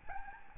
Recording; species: mosquito wingbeat signal from an infrared sensor; Aedes albopictus